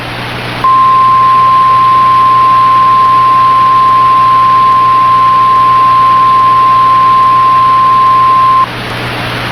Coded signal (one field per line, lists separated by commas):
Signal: Emergency Alert System (SAME) tones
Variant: 1050 Hz attention tone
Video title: EAS MOCK | Wow... a little mess up